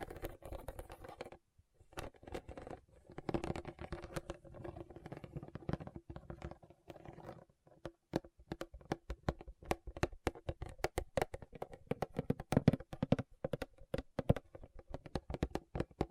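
Fingernails tap and scratch on rhinestones in a busy, irregular stream of small clicks. The first half mixes softer scratching with scattered taps, with a brief pause near two seconds. After about eight seconds the taps turn sharper, brighter and more rapid.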